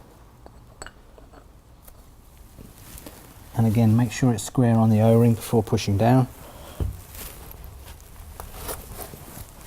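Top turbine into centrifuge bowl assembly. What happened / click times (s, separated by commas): Part handled and positioned, not yet seated / none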